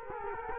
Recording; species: mosquito wingbeat signal from an infrared sensor; Culex quinquefasciatus